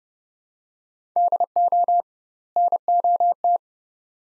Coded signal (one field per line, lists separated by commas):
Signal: Morse code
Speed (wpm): 29 wpm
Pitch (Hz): 700 Hz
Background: none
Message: DO NOT